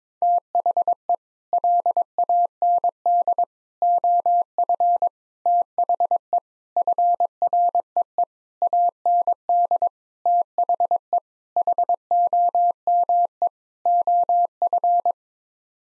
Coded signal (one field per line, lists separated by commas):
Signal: Morse code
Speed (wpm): 21 wpm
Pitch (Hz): 700 Hz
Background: none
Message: THE LAND OF THE FREE AND THE HOME OF